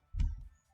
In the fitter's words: entonces la conectamos se conecta y queda asegurado bueno